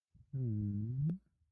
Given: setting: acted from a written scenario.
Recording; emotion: vocal sound without words; sympathy